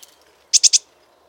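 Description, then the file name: Great tit giving three quick, sharp high-pitched notes in a rapid burst, with faint lower hiss in the background. "Parus major"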